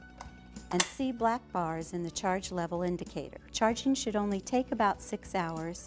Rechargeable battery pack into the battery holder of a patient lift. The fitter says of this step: You'll know you've got it right when you hear this click and